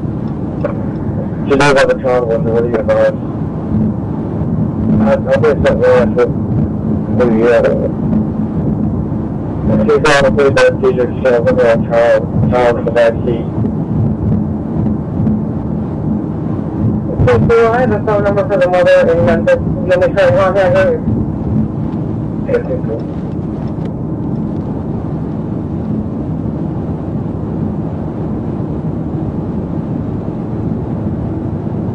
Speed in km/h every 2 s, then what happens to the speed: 122, 122, 122, 122, 122, 122, 122, 122, 122, 122, 122, 122, 122, 122, 122, 122.
0-32 steady at about 122.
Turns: none.